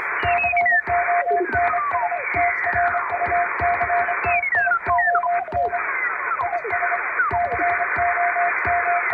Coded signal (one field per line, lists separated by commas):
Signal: Morse code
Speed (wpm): 25 wpm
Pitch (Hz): 700 Hz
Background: music, radio noise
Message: CONSTRUCTION IS COM